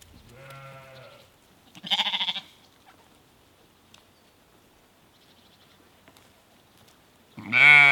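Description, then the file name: Sheep, a long quavering bleat, then a shorter harsh one, a quiet pause, and a loud bleat at the end. Small herd of sheep in Norway. "Sheep From Small Herd In Norway"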